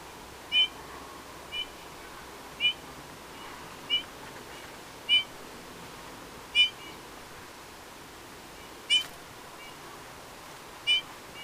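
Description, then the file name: Eurasian bullfinch giving short, soft whistled call notes, repeated about every one to two and a half seconds over a faint steady background hiss. "Pyrrhula pyrrhula"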